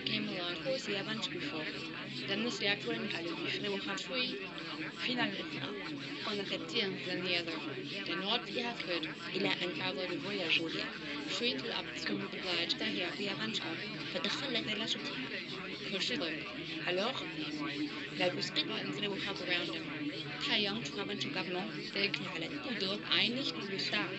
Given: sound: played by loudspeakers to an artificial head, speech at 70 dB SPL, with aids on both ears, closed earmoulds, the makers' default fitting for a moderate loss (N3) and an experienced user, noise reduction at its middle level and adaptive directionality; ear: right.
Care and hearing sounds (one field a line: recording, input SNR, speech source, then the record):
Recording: speech test signal (ISTS) in cocktail-party noise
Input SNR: -3 dB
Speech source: on the right (90 degrees)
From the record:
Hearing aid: class 1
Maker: D